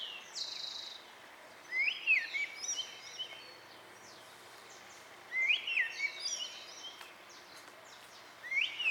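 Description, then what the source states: Bird song: a bright, warbling phrase with rising and falling whistled notes, repeated about every three and a half seconds, with thinner high chirps between phrases. Recorded at dawn.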